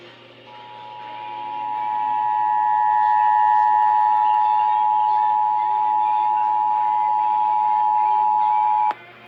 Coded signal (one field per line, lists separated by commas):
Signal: Emergency Alert System (SAME) tones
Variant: 853 and 960 Hz attention tone